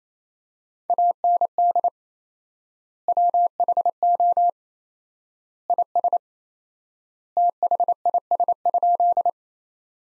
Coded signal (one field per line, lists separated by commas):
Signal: Morse code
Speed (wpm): 28 wpm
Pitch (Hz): 700 Hz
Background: none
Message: AND WHO IS THIS?